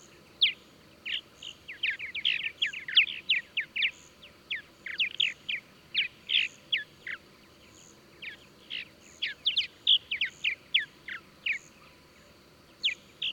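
Bird chirps, bright and short, in quick irregular bursts with short pauses, over a faint constant high tone.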